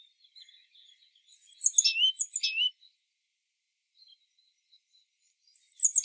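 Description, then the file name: Great tit calls: a burst of high, down-slurred whistled notes, a pause with faint chirps, then another burst beginning at the end. "Parus major"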